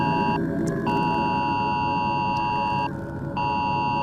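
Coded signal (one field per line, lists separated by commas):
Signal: Emergency Alert System (SAME) tones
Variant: 853 and 960 Hz attention tone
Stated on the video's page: Fictional World War Three nuclear EAS scenario, a remake made for entertainment.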